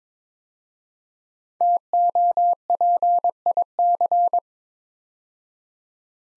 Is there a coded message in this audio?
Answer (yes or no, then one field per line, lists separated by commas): yes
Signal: Morse code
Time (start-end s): 1.6-4.4 s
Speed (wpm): 21 wpm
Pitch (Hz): 700 Hz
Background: none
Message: TOPIC